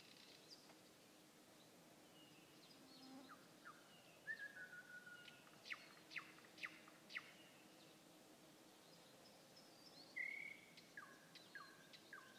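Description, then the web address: Nightingale song: sparse clear whistles and sharp clicks, with a bright whistle and a short run of notes near the end. Song recorded 21 May 2016. "slowik-spiew-slowika-21-maja-2016-r"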